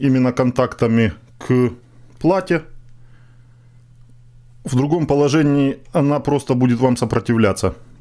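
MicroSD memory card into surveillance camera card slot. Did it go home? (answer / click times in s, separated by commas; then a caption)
no / none. A microSD memory card is being handled at the card slot of a mini PTZ surveillance camera, and it resists when the contacts face the board the wrong way. Someone talks throughout, with a faint tick near 2.9 s during a pause. Nothing has seated or clicked yet.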